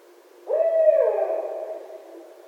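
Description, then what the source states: Barred owl giving a single hoot, a low steady tone that breaks and slides downward into a drawn-out, fading note. Recorded 1 December 2011.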